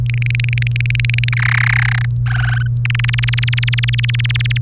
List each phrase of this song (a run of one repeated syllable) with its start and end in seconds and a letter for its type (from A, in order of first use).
0.06-1.29 A, 1.32-2.05 B, 2.26-2.67 C, 2.85-4.57 D